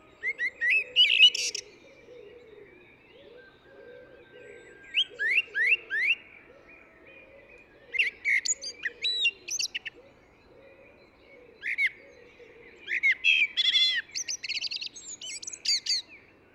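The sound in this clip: Eurasian blackbird singing separate phrases every few seconds, each mixing rising whistles with thin high twitters, while a low sound repeats steadily beneath.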